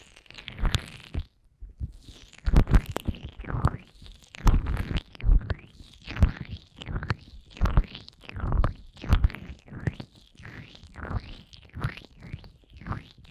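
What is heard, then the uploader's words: Fast, intense ear massage with cream: wet, squelching rubs and crackles come in quick bursts, roughly one or two per second. Each stroke swells and fades with a low, muffled thump underneath and brighter smeared crackle on top, with short pauses between. ASMR Fast & Intense Ear Massage wCream (No Talking).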